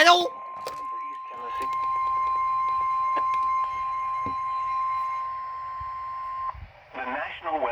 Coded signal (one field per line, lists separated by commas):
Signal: Emergency Alert System (SAME) tones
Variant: 1050 Hz attention tone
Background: speech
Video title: EAS 97 - DOUBLE HEADER???